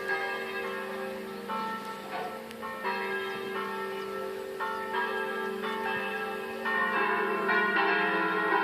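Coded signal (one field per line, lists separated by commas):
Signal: bell signal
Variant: distesa, five swinging bells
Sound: several large church bells swinging and ringing continuously in overlapping peals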